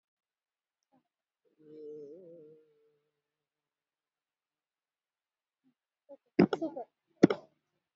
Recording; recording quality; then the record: sustained vowel as in made; moderate, slight background noise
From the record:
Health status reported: healthy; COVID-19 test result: not tested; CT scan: not taken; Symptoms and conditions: hypertension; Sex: female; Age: 73 years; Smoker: no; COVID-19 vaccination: one dose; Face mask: not worn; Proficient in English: no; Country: India